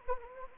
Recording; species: mosquito wingbeat signal from an infrared sensor; Anopheles gambiae